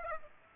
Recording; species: mosquito wingbeat signal from an infrared sensor; Aedes aegypti